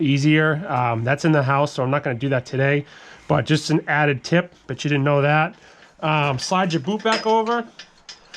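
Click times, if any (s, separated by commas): none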